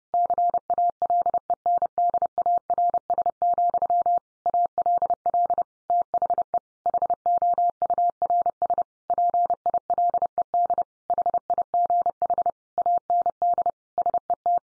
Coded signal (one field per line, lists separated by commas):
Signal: Morse code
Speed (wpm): 30 wpm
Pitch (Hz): 700 Hz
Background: none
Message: CALENDARS, ALL THE HOURS PILED HIGH AND SET